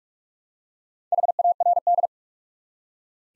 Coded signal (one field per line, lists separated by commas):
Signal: Morse code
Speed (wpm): 44 wpm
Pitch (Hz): 700 Hz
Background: none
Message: HARD